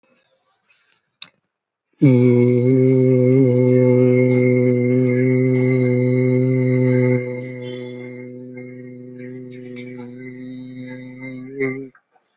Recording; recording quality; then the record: sustained vowel as in beet; moderate, slight background noise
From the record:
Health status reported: healthy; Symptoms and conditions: none ticked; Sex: male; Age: 51 years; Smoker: not ticked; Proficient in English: yes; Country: India